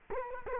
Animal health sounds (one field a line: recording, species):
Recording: mosquito wingbeat signal from an infrared sensor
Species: Culex quinquefasciatus